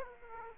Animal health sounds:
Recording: mosquito wingbeat signal from an infrared sensor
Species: Aedes aegypti

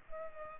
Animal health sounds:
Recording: mosquito wingbeat signal from an infrared sensor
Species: Culex pipiens

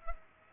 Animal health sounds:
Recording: mosquito wingbeat signal from an infrared sensor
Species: Culex pipiens

